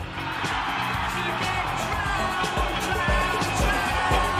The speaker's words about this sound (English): They're applauding the DJ. Not the music, not the musician, not the creator, but the medium.